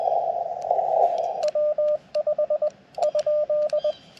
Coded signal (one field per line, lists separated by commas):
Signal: Morse code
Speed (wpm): 20 wpm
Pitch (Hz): 1200 Hz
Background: radio noise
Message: W5 ?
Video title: CW POTA Activation with Yaesu FT-891 and Chelegance MC-750